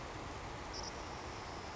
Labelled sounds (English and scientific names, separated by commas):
Savannah Sparrow (Passerculus sandwichensis)